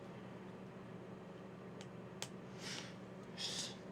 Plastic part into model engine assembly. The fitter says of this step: this just clicks